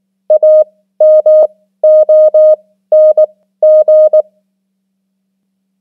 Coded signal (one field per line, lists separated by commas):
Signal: Morse code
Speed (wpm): 19 wpm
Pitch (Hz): 620 Hz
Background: none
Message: AMONG